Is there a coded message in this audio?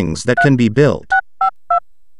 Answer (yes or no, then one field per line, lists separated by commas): yes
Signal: DTMF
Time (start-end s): 0.4-1.8 s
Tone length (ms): 100 ms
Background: speech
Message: 3652